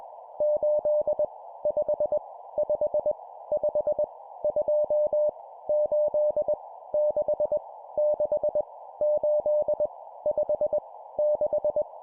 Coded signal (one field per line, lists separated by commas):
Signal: Morse code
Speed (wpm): 20 wpm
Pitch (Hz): 600 Hz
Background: none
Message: 8 5 5 5 2 8 6 6 8 5 6